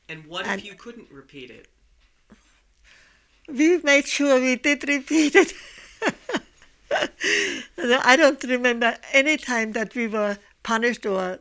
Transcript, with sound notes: And what if you couldn't repeat it?
We made sure we did repeat it. ( she laughs ) I don't remember any time that we were punished or